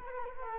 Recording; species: mosquito wingbeat signal from an infrared sensor; Culex quinquefasciatus